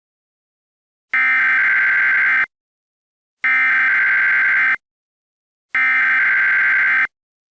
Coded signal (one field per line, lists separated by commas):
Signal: Emergency Alert System (SAME) tones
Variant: header bursts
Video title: EAS Scenario: Remember Me Forever - Spring Fling 2023 Entry